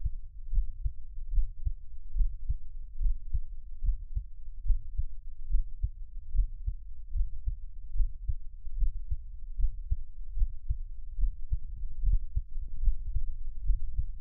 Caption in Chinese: 獻上我的心跳 | Give my Heartbeat | NO Talking。